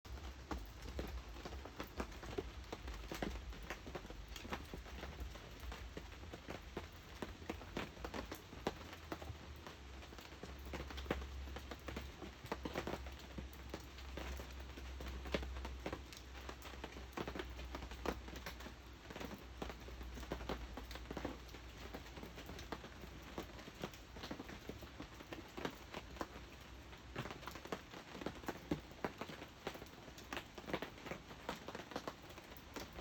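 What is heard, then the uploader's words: A rat works its way past a tent, heard as a dense, unbroken run of crackling, scratching taps that sounds much like rain pattering on fabric. The ticks come fast and irregularly for the whole stretch over a steady low rumble. Wizened old rat working a way past my tent.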